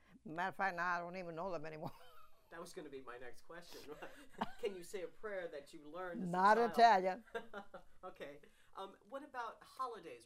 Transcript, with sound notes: As a matter of fact, now I don't even know them any more. (She laughs.)
That was going to be my next question. ( they laugh) Can you say a prayer that you learned as a child?
Not in Italian.
Okay. What about holidays?